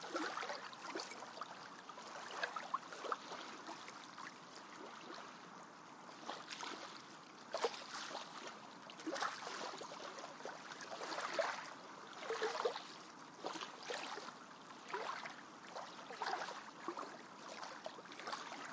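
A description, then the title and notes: Lake ambience with water lapping and splashing, a steady wash broken by frequent soft slaps and gurgles every second or two. A few sharper knocks stand out near 2.5, 7.5 and 12.5 seconds, like water hitting a hull or shoreline. ASMR Lake Ambiance - White Noise.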